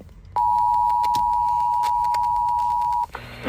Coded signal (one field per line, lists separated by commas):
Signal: Emergency Alert System (SAME) tones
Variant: 853 and 960 Hz attention tone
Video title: 50 SHADES OF GRAY MAINE... Severe Weather EAS Alerts from August 4th-5th, 2024 (EAS #1,270-1,316)